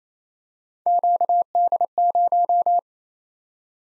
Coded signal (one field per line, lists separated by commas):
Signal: Morse code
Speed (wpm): 27 wpm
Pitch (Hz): 700 Hz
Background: none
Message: QD0